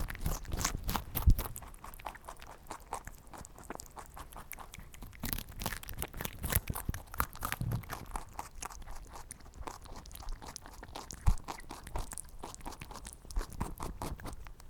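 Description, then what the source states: Rabbit eating, rapid repeated crunching and chewing clicks with occasional louder crunches. Rabbit eating a cucumber.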